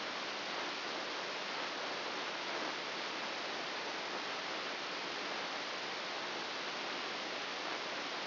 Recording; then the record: brain microelectrode recording played as sound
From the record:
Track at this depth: inside the subthalamic nucleus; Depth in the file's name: 2.204 mm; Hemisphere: right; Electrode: 2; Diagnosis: Parkinson's disease